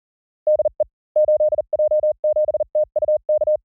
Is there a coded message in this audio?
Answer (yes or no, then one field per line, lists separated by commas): yes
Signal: Morse code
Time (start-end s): 0.5-3.6 s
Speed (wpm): 38 wpm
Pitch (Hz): 610 Hz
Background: none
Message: DE 8J7TUK